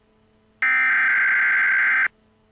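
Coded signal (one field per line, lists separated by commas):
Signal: Emergency Alert System (SAME) tones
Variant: header bursts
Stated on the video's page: Realistic simulated EAS nuclear attack warning for Greater Cincinnati and Northern Kentucky.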